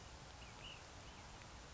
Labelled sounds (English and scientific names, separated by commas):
Ash-throated Flycatcher (Myiarchus cinerascens)